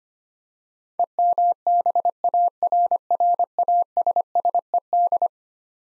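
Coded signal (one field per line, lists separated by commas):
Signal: Morse code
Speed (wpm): 25 wpm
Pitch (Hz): 700 Hz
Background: none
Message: EMBARRASSED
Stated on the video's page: Head-copy drill of eleven-letter words sent in Morse at 25 wpm, each word sent twice.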